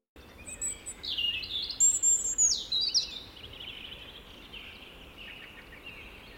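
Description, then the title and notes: European robin song: a thin, high warble of quick trills and slurred notes, then softer notes, over a low steady background hiss. "Punarinta. Heidi Björklund"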